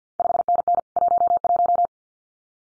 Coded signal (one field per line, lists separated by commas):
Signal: Morse code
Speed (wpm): 50 wpm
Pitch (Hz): 700 Hz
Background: none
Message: 5NN 11